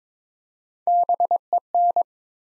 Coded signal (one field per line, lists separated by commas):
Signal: Morse code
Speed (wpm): 23 wpm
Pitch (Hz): 700 Hz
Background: none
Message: BEN